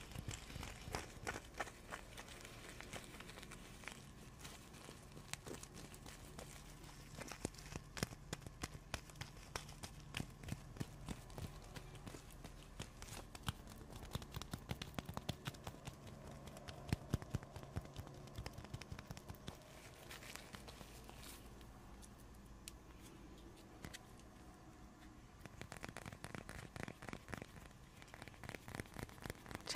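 Tapping and scratching on icy, frozen objects: dense, irregular clicks and crackles run throughout, over a low steady hum with faint murmuring.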